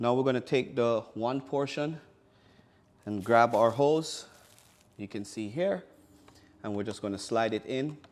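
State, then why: Not seated. Someone talks while the upper end of a plastic Dyson vacuum hose is handled and slid toward the vacuum cleaner's upper mount during a hose repair. Nothing has seated or clicked yet; the hose is not yet home in its mount.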